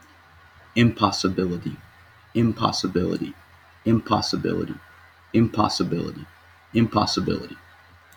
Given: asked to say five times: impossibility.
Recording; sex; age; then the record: repeated word; male; 30 to 39 years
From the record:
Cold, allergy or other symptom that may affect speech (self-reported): no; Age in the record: 36 years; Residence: Romania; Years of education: 16